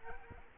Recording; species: mosquito wingbeat signal from an infrared sensor; Culex quinquefasciatus